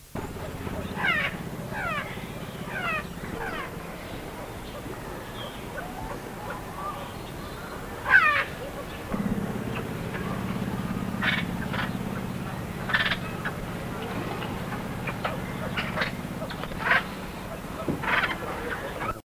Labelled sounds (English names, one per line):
Greater Necklaced Laughingthrush call